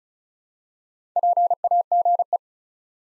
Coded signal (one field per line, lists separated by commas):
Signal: Morse code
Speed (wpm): 34 wpm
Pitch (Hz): 700 Hz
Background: none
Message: PAGE